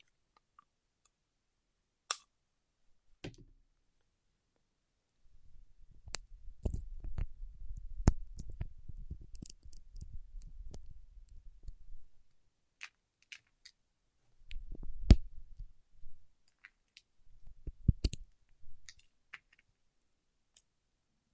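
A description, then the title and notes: Wax fingertips rub with low, soft scraping in bursts between about five and nineteen seconds, with sharp isolated clicks scattered throughout. ASMR with Wax Fingertips for Sleep (No Talking).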